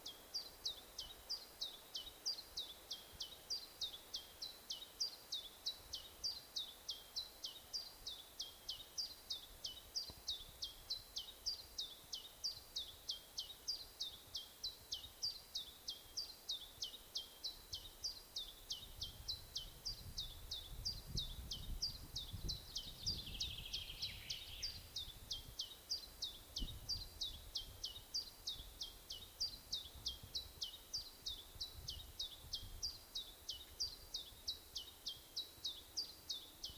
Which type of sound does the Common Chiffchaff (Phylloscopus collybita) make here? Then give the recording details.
song. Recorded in the wild. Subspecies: abietinus. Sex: male. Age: adult. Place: Erikslund, Medelpad, Västernorrlands län, SE. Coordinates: 62.5267, 15.9128. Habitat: spruce. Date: 1971-07-12. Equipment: Nagra III PH, MD 211. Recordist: Schneider, Hans-Joachim